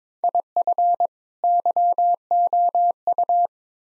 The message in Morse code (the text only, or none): IF YOU